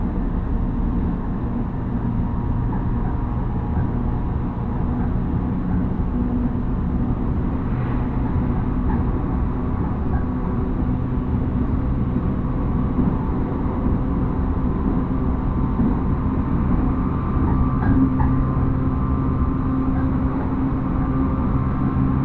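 A rapid train on the Uchibo Line runs steadily from Chiba toward Kisarazu, a dense low rumble and hum filling the whole clip. Faint whining tones sit above the rumble, and brief rattles or clicks stand out around eight and eighteen seconds.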